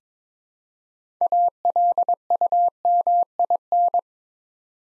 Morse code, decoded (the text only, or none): ALUMIN